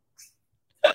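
A faint, airy puff is followed a moment later by one short, sharp, explosive burst: a male dog's sneeze, part of a sneeze attack of repeated sneezing.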